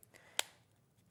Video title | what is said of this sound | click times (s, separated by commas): 09/12/2024 - Polkadoodles, Dreamees, IndigoBlu & Paper Paper Paper | you'll hear it click you just pop that in now to UV 9 to 12 minutes | 0.4 s